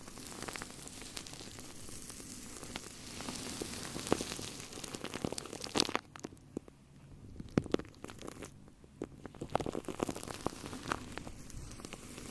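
Shaving cream sits right on the microphone, giving a close, wet crackle of tiny bubbles popping and squelching throughout. Dense fizzing runs steadily, with sharper pops scattered across the twelve seconds, a brief quieter dip around six seconds, and a low rumbling underneath.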